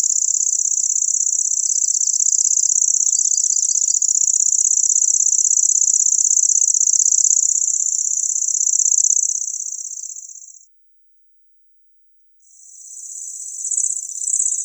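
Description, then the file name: Lanceolated warbler reeling song, a long high, dry, insect-like trill, then a short silence before the trill starts again. "Sverchok pjatnistyj"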